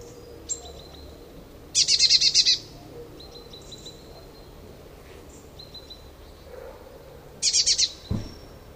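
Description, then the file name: Eurasian blue tit making two short rattling scold bursts, with thin high whistled notes scattered between them. "Cyanistes caeruleus"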